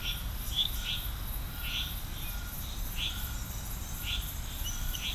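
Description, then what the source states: Frog chorus with several loud, separate chirps, plus softer callers, a pulsing insect drone and low rumble. Chorus of frogs recorded at Serrinha do Alambari, Brazil.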